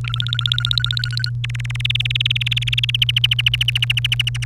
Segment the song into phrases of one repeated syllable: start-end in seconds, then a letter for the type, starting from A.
0.05-1.30 A, 1.44-2.96 B, 3.02-4.44 C